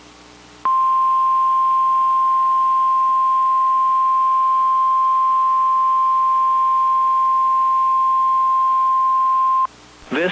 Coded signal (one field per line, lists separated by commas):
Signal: Emergency Alert System (SAME) tones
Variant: 1050 Hz attention tone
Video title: Coastal Flooding, Gales, & FOG | 9/10-23/25 (EAS #1,731-33)